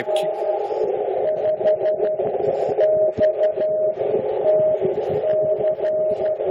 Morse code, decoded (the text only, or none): N5XTC